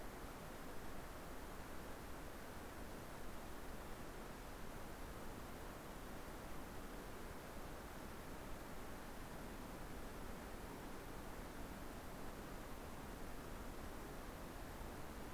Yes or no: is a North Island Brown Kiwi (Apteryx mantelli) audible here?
no